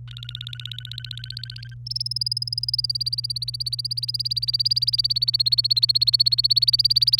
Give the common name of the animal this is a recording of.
Domestic Canary